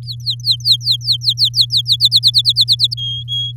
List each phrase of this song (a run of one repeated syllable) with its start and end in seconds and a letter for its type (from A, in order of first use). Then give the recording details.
0.02-1.96 A, 2.00-2.94 B, 2.97-3.52 C. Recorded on 6 May 2018 at 18:08. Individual llb16